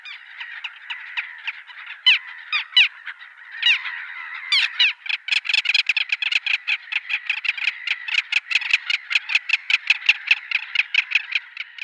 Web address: Schulze Peter Little Gull